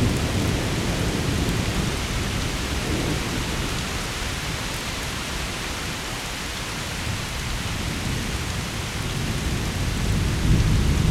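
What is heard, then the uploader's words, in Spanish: A night storm pours steadily, dense rain hissing over a deep low rumble that swells slightly toward the end. Un aguacero nocturno. A very nice Night Storm. Aguacero Nocturno es un episodio grabado para probar mi recien estrenado en ese momento DAT TASCAM. Era el verano del año 2004 y ante la previsión de una tormenta apoteósica, me trasladé a una zona de paelleros situada en el paraje "El Preventorio" de Alcoi; en plena Sierra de Mariola.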